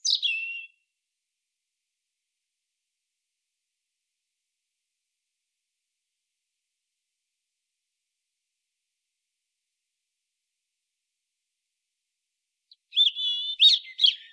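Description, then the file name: European robin song: a short descending high phrase opens, followed by lengthy silence, then a warbled, high-pitched phrase at the close. "Erithacus rubecula"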